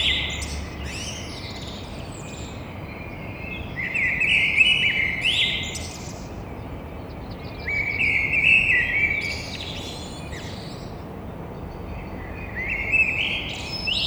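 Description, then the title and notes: Eurasian blackbird singing repeated mellow phrases about every four seconds, each fluting start trailing into scratchy high twitters, with steady low noise underneath. Courtyard in Toulouse, Grand Rond, between two windows, at 6:30 on Thursday 9 April. "Merle noir côté cour. Stéphane Marin"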